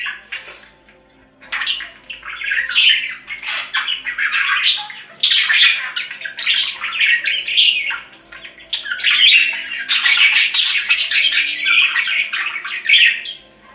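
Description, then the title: Budgerigar chatter: after a quieter start, a continuous stream of harsh, buzzy warbles and squeaks with hardly a break. "Budgie Sounds"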